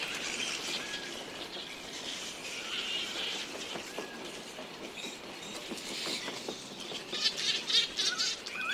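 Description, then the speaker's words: Grey-headed flying foxes in a noisy chorus of shrill squeaks and screeches, with soft flapping and rustling pulses growing stronger toward the end. Grey-headed flying foxes, a colony of about 15,000, making a ruckus at twilight as they set off to forage for food, in a regional park on Bidjigal Country, Sydney, Australia. "The bats like to cause a ruckus when they set off to forage for food."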